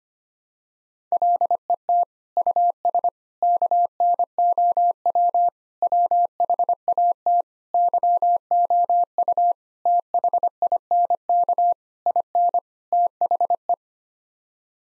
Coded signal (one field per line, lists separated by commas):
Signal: Morse code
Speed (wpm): 25 wpm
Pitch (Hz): 700 Hz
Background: none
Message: LET US KNOW WHAT YOU THINK IN THE